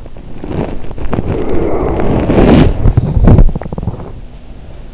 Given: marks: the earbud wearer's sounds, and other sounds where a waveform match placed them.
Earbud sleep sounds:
sounds in sleep by an in-ear microphone; body movement
0.00-4.88 s: body movement

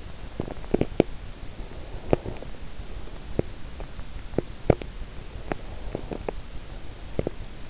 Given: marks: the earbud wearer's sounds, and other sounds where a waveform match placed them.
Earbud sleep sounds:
sounds in sleep by an in-ear microphone; teeth grinding
0.15-7.70 s: teeth grinding

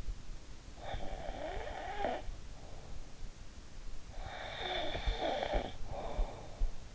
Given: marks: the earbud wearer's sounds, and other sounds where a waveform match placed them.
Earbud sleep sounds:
sounds in sleep by an in-ear microphone; snoring breath
0.62-3.12 s: snoring breath
4.13-6.86 s: snoring breath

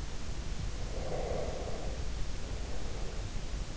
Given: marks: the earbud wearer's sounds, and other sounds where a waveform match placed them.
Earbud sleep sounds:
sounds in sleep by an in-ear microphone; breath
0.91-3.70 s: breath

